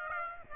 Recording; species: mosquito wingbeat signal from an infrared sensor; Aedes aegypti